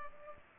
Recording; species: mosquito wingbeat signal from an infrared sensor; Culex pipiens